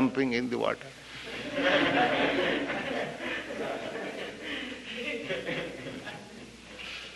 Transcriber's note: laughter